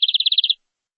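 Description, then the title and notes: Canary song, a short burst of about nine rapid high notes after a sharp click. "BM Suara Kenari. BM Suara Burung Kenari"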